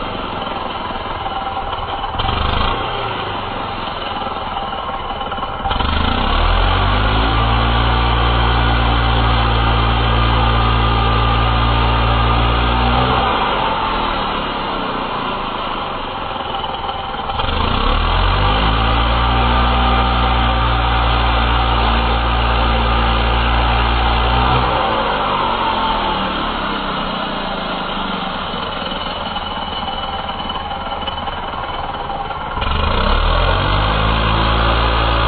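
A chainsaw idles with a rough, buzzy putter, then is throttled up into a loud, steady high whine that holds for several seconds before dropping back down. The rev-up comes three times, around 6, 17 and 33 seconds, each settling back to idle.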